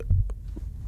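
A deep, muffled thump with a fainter follow-up over a steady low hum: a single adult heartbeat, an archival field recording.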